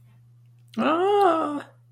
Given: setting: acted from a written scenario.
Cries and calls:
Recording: vocal sound without words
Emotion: distress

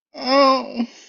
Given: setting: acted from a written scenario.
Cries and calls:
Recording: vocal sound without words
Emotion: pain

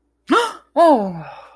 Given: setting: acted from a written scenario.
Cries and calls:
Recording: vocal sound without words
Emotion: fear

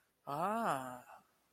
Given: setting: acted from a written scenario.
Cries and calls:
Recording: vocal sound without words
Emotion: realization

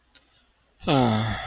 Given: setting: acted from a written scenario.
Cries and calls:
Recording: vocal sound without words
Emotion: embarrassment

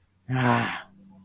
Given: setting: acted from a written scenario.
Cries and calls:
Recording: vocal sound without words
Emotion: disappointment

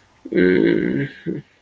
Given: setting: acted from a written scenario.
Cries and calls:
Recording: vocal sound without words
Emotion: romantic love

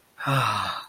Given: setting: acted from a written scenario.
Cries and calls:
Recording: vocal sound without words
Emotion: elation

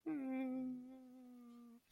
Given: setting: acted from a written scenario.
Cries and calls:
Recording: vocal sound without words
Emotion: sadness

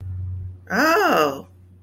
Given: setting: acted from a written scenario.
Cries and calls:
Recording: vocal sound without words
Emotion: interest

